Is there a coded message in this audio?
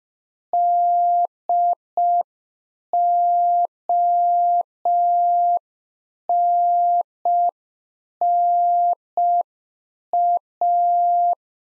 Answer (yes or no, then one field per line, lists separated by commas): yes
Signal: Morse code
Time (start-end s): 0.5-11.3 s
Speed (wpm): 5 wpm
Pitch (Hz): 700 Hz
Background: none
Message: DONNA